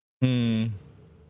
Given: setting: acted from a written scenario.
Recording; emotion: vocal sound without words; sympathy